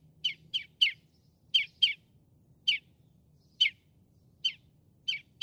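Northern mockingbird giving rough chirping notes, some paired, at irregular spacing, with a low background hum.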